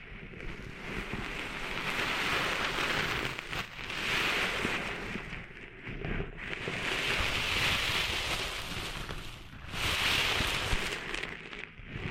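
Sand being cleaned out of ears makes a dense, gritty crackling and rubbing, much like rain pattering on a surface. It swells in waves of scraping, strongest around four, eight and ten seconds, with short breaks near six and nine seconds.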